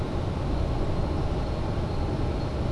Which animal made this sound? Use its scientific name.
Parus major